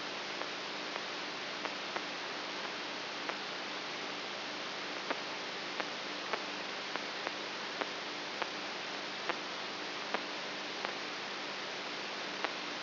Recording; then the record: brain microelectrode recording played as sound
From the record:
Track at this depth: outside the subthalamic nucleus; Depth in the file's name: 7.9 mm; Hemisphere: right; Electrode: 3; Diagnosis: Parkinson's disease